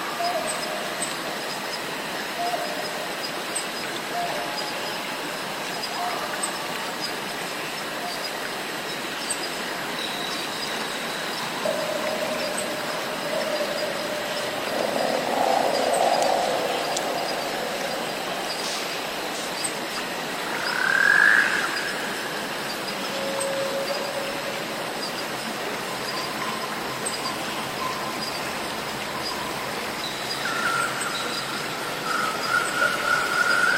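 Cicadas and other insects drone in a dense, unbroken wash across a rainforest. A low hum swells briefly around the middle, a short bright call rings out near twenty seconds, and a thin repeated whistle returns toward the end.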